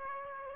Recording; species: mosquito wingbeat signal from an infrared sensor; Aedes aegypti